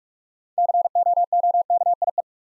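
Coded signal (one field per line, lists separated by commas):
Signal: Morse code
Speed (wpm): 44 wpm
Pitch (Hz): 700 Hz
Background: none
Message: COOKIE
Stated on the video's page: Morse code practice of easy words with contextual hints at 45 wpm.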